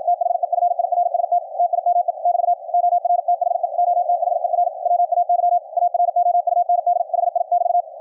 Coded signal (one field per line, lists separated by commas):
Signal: Morse code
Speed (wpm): 53 wpm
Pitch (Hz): 700 Hz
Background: radio noise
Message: THE FIRST TIME <BT> OR THE OTHER WAY AROUND HI<BT>